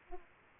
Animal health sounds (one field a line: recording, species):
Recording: mosquito wingbeat signal from an infrared sensor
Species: Aedes aegypti